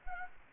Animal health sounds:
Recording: mosquito wingbeat signal from an infrared sensor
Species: Anopheles gambiae

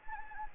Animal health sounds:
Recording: mosquito wingbeat signal from an infrared sensor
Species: Anopheles gambiae

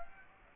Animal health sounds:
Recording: mosquito wingbeat signal from an infrared sensor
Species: Aedes aegypti

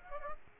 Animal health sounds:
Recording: mosquito wingbeat signal from an infrared sensor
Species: Aedes aegypti

